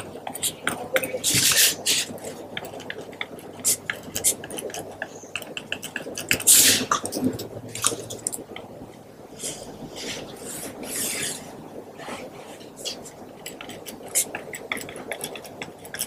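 Pen writing with tapping and clicking: a steady run of short scratchy strokes and small knocks, dense and irregular throughout. Sharper, brighter clicks stand out near the start and around six to seven seconds, with quieter scratching after that.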